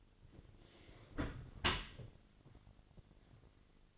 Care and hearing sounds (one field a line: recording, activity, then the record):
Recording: daily activity, microphone in the room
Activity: close dishwasher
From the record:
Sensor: 4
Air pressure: 1007.6 hPa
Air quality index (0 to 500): 198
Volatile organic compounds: 7 ppm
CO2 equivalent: 1974 ppm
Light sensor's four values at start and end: 22/70/27/26 and 23/71/27/26